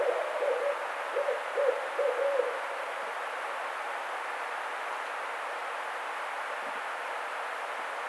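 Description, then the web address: Barred owl hoots, a few short low hooting notes in the first two and a half seconds, then steady background hiss. Recorded 4 May 2009. "sounds birds Barred Owl 2009 05 04 Barred Owl"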